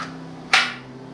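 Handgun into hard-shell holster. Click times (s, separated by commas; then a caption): 0.5 s. A handgun is pushed into a hard-shelled Defense Training appendix carry holster, and its trigger guard snaps into the retention with one sharp, bright snap at 0.5 s over a steady low hum. The snap means the gun has clicked in and is secured.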